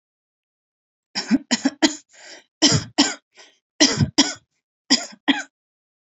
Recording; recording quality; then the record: shallow voluntary cough; excellent, no background noise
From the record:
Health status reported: COVID-19 positive, no symptoms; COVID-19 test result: positive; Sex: female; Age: 31 years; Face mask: not worn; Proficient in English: yes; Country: India